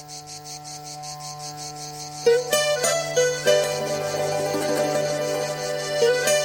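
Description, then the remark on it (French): Cicadas in the Mediterranean south of France chirp in a steady, pulsing high-pitched buzz throughout, and after a couple of seconds a melodic instrumental tune with a sustained low drone joins in over them. “Allez, une petite balade du côté de la Méditerranée, du côté du Midi, s'il vous plaît, avec la ratatouille, la chanson des cigales. Cré, cré, cré, cré, cré.”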